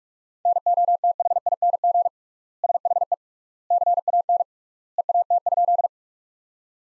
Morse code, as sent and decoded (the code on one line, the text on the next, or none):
-. --- - .... .. -. --. / ... .... . / -.-. .- -. / . .- - ..--..
NOTHING SHE CAN EAT?